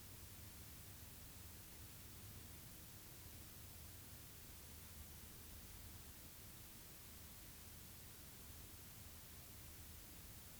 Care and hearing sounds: daily activity, guitar pickup as the sensor; stand

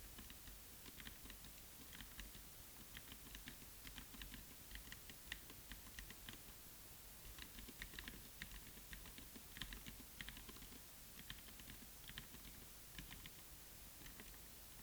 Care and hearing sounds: daily activity, guitar pickup as the sensor; type

